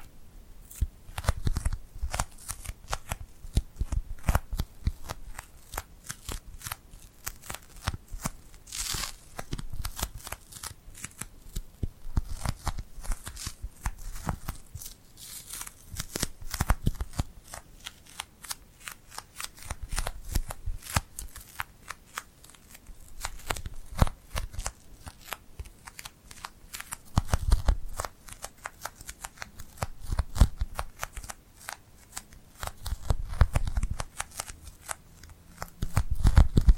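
Sticky, tingly hand sounds crackle and peel in dense, rapid bursts throughout, with occasional louder rustling swells and low thumps near the end.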